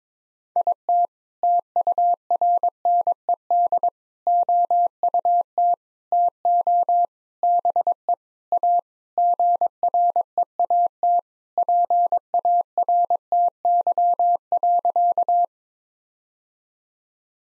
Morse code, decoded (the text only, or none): IT TURNED OUT TO BE A GREAT PARTY.